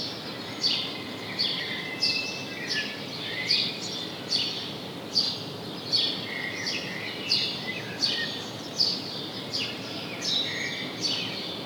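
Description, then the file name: House sparrow giving many bright, clipped chirps in a series, with steady hissing noise underneath throughout. "Passer domesticus"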